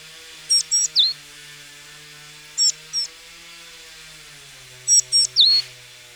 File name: Parus major